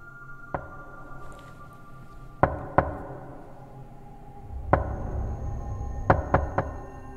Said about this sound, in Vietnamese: Trong cơn mơ màng, tôi nghe có tiếng gõ cửa vang lên.